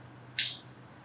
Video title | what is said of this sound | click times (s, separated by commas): Making 2 Cedar Strip Kayaks in 2 Weeks - Not Quite but that was the Plan | they have all damascus fittings sterling silver ferrules and a nice click | 0.4 s